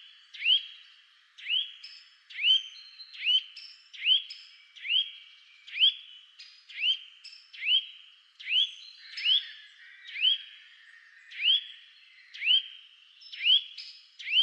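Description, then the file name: Eurasian nuthatch uttering single rising whistled calls, steadily repeated about once a second, with faint high-pitched chirps overlapping. "Sitta europaea"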